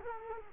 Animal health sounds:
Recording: mosquito wingbeat signal from an infrared sensor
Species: Culex quinquefasciatus

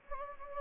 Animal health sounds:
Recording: mosquito wingbeat signal from an infrared sensor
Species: Anopheles gambiae

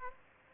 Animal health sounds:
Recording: mosquito wingbeat signal from an infrared sensor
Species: Aedes aegypti

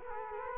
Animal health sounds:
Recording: mosquito wingbeat signal from an infrared sensor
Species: Culex quinquefasciatus

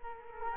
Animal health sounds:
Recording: mosquito wingbeat signal from an infrared sensor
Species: Culex quinquefasciatus

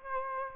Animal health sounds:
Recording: mosquito wingbeat signal from an infrared sensor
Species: Aedes aegypti

